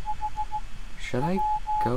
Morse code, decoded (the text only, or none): H W